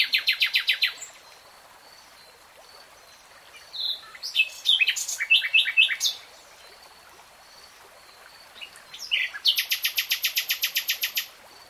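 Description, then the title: Nightingale song: a fast trill, a pause, a chattering burst of varied notes, then a long rapid pulsed trill. Nightingale singing; 3-hour real-time recording. "[Tiếng chim hót] 3 Hours REALTIME Nightingale Singing"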